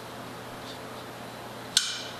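A steel shift fork/selector is rotated on its selector rail, grooves facing the right way, in a 3-rail Triumph GT6 gearbox top cover during a rebuild. Over a steady low background hum, a single sharp, bright metallic click sounds at 1.8 s and rings briefly as it fades. The selector clicks into its detent and is seated on the rail.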